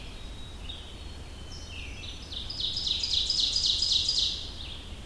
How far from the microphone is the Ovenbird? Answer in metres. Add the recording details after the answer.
about 25 m. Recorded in boreal forest in Alberta, Canada, on 25 June 2016 at 06:33. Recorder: SongMeter 3, array SBT-6-76. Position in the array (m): 34 m, 104 m. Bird 2